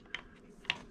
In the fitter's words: can push down till it clicks.